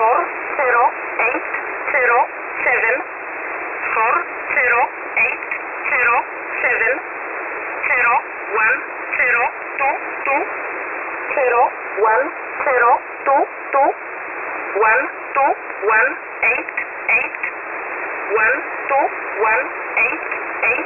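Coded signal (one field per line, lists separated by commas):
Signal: numbers station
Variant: E11a, English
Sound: voice reading digits in groups of five, each group repeated, over radio static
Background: radio static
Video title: E11a Message 08/05/2023 0830 UTC 16335kHz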